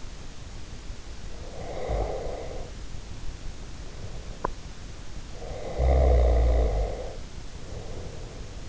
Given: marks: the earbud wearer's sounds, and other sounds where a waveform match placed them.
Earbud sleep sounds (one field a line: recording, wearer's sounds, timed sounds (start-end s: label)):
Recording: sounds in sleep by an in-ear microphone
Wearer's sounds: snoring breath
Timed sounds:
1.16-2.98 s: snoring breath
5.45-8.69 s: snoring breath